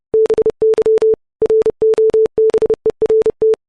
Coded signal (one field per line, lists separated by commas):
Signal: Morse code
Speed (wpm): 30 wpm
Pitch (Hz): 440 Hz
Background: none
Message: BY ROBERT